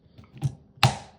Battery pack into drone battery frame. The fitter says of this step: just like that, until you hear a click.